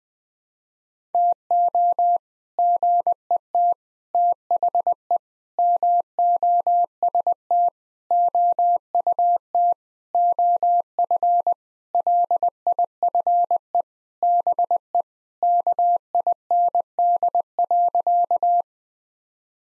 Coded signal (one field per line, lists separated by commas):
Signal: Morse code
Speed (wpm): 20 wpm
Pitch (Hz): 700 Hz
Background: none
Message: TO GET THE MOST OUT OF LIFE BE KIND.